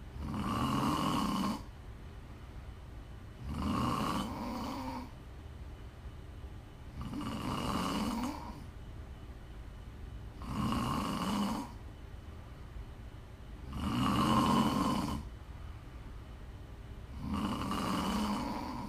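Six rhythmic, rumbling snores from an adult woman asleep, separated by quiet gaps, at about 18 breaths a minute, typical of ordinary snoring, offered as ASMR snoring to relax or sleep to.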